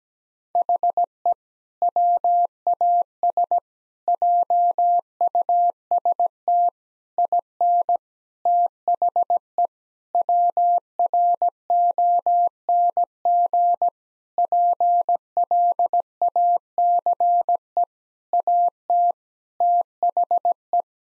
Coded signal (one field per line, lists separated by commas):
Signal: Morse code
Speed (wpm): 17 wpm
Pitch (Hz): 700 Hz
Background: none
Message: HE WAS JUST IN THE WRONG PLACE AT THE